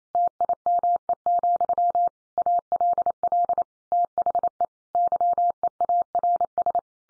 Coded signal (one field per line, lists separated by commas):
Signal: Morse code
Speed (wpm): 28 wpm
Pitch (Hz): 700 Hz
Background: none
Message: TIME, ALL THE YEARS